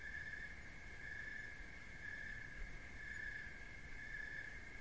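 Cricket trilling in a constant high band, over gentle low background noise.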